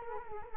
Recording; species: mosquito wingbeat signal from an infrared sensor; Culex quinquefasciatus